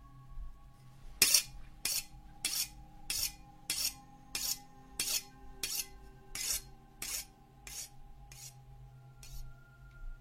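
A blade scrapes rhythmically across a sharpening stone, about a dozen harsh, hissing strokes at a steady pace, with a low hum sustained underneath and no voices.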